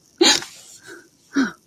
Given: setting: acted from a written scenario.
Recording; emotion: vocal sound without words; relief